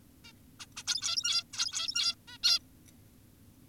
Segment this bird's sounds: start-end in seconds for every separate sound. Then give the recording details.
0.25-0.32, 0.60-0.66, 0.77-0.84, 0.87-1.44, 1.53-2.15, 2.28-2.38, 2.44-2.59. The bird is an adult. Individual g17y2U